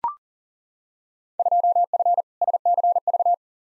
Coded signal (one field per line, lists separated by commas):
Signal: Morse code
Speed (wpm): 40 wpm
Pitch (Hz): 700 Hz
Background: none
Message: 2F SCV